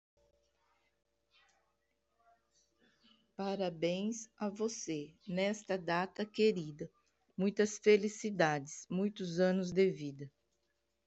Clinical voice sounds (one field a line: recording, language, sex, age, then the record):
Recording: short text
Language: Brazilian Portuguese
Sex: female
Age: 50 to 59 years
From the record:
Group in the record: control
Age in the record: 56 years